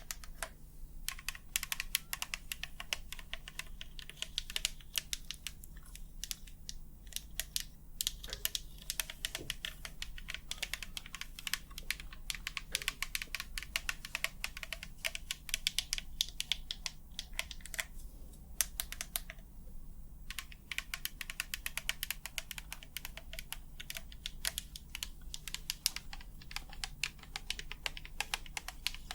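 Rapid tapping on keys runs through the whole clip, sharp clicky strikes coming in dense bursts with short pauses around 4, 18 and 20 seconds. A low steady hum sits underneath throughout.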